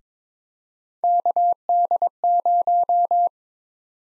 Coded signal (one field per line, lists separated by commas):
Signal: Morse code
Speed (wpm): 22 wpm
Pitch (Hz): 700 Hz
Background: none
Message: KD0